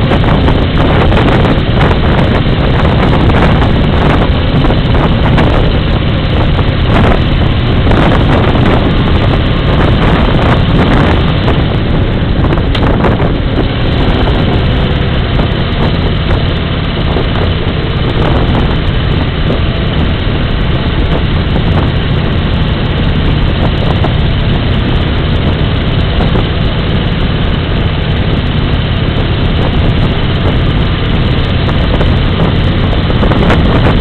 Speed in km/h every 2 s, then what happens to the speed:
72, 68, 67, 63, 66, 67, 63, 55, 53, 53, 48, 46, 49, 49, 48, 49, 57.
0-5 slows to 63. 5-11 steady at about 66. 11-21 slows to 46. 21-29 steady at about 48. 29-34 speeds up to 57.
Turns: 23-30.